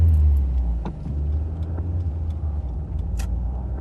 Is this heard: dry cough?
no